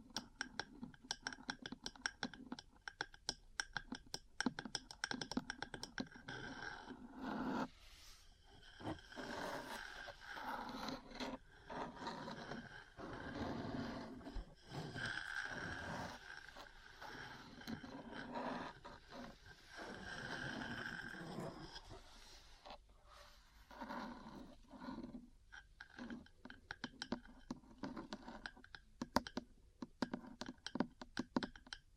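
Metal parts tap and scratch in quick, irregular clicks, thinning to sparse taps at the start and end around a denser, grinding, scraping middle stretch.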